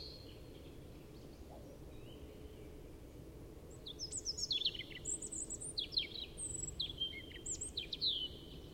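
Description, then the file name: European robin song over a steady low background rumble: faint thin notes at first, then clearer cascades of high, falling whistles and twitters in the second half. "Erithacus rubecula"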